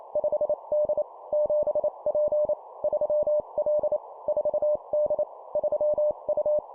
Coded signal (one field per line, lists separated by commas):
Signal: Morse code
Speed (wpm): 28 wpm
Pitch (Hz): 600 Hz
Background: none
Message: 5D 7P 3L 4D 3U